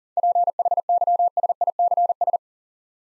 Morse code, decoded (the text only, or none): PHYSICS